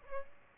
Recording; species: mosquito wingbeat signal from an infrared sensor; Aedes aegypti